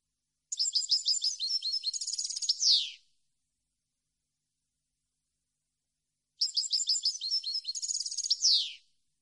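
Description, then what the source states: European goldfinch singing two similar phrases of quick liquid twitters that close with a buzzy, descending slur, separated by several seconds of silence. Clean, noise-free goldfinch song issued on a CD, intended as a model for birds to copy.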